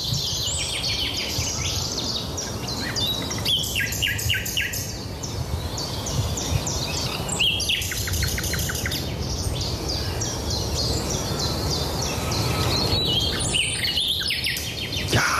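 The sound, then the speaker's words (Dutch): A common nightingale sings loudly in varied phrases, rapid runs of repeated high notes and whistles broken by short pauses, over a steady low rumbling background. “Dus hup, de eter in met die nachtegaal.”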